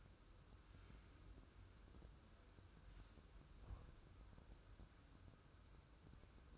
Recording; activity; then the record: daily activity, microphone in the room; wipe stove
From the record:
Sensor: 2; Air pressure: 1014.9 hPa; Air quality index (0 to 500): 60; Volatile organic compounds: 1 ppm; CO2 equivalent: 726 ppm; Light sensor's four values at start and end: 13/35/14/15 and 13/35/14/15